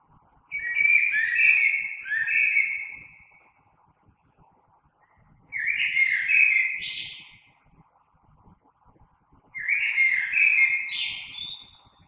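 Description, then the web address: Common blackbird song: three melodious warbling phrases, each closing with a high twitter, repeated every few seconds. Recorded 3 March 2020. "oiseaux Merle 2020 03 03"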